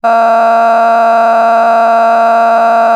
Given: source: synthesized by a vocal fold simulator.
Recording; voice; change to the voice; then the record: sustained vowel; female; a random mix of aspiration noise, stiffness perturbation and strain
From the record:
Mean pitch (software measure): 229 Hz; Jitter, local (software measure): 2.03%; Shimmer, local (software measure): 5.6%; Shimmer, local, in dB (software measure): 0.49 dB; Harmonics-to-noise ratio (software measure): 14.9 dB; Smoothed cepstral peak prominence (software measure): 15.0 dB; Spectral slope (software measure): -18.8 dB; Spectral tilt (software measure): -10.8 dB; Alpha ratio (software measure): -9.3 dB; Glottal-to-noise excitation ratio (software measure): 0.960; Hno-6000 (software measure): 2.1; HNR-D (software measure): 34.5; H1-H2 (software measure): -2.4 dB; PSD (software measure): 7.8e-05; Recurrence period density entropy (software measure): 0.117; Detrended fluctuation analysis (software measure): 0.0118